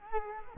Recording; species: mosquito wingbeat signal from an infrared sensor; Culex quinquefasciatus